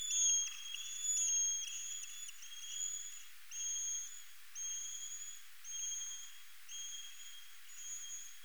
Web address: Rhinolophus megaphyllus